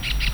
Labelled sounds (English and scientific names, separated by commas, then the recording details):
Brown-throated Parakeet (Eupsittula pertinax) contact call
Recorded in Venezuela
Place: Tumeremo, Edo. Bolívar
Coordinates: 7.209, -61.364